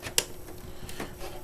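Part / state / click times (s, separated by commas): graphics card into PCIe x16 motherboard slot / seated / 0.2 s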